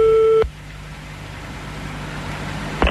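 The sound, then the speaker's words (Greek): A steady electronic telephone tone sounds for under half a second and cuts off abruptly, leaving a low hum and faint background rumble, with a soft click at the very end. “Δεν μπορώ να μου κλείνει το τηλέφωνο.”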